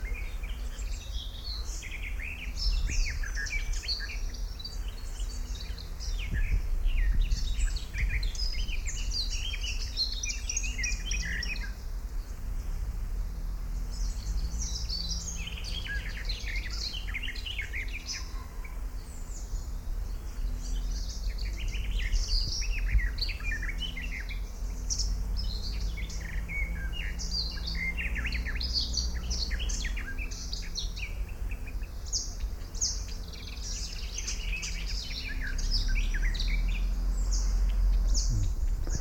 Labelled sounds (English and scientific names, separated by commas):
Common Whitethroat (Sylvia communis)